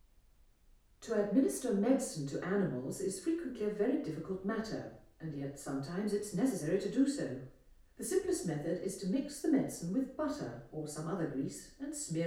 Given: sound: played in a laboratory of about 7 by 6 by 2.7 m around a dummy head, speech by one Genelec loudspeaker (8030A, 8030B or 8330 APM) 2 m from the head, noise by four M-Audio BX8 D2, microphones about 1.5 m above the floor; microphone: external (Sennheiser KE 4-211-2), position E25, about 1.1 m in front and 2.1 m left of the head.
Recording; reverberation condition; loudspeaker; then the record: female speech in English; medium; 120 degrees to the right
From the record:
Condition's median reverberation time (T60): about 510 ms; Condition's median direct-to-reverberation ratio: about -0.5 dB